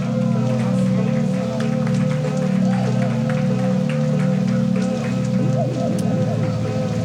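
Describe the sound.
An audience claps steadily throughout for the DJs at the console, a dense crackle of applause over a loud sustained low musical drone, with voices and shifting tones weaving through.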